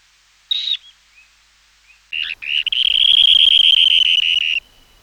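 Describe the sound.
Dunlin giving a brief note, two faint chirps, then short notes leading into a rapid purring trill that runs steadily for about two seconds before stopping abruptly.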